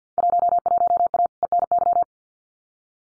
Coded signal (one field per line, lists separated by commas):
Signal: Morse code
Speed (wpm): 52 wpm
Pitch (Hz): 700 Hz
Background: none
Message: 11A ENY